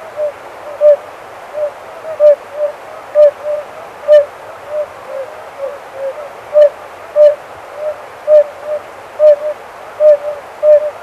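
Oriental fire-bellied toad calling with soft pure notes repeated quickly, some louder and some fainter, with faint clicks.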